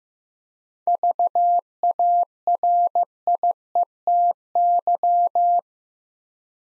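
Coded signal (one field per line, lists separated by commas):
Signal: Morse code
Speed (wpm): 15 wpm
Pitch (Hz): 700 Hz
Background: none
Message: VARIETY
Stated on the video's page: Morse practice of 7-letter words at 15wpm, each word sent twice, for head-copy training.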